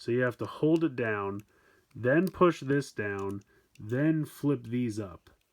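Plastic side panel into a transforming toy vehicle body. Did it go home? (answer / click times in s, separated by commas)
no / none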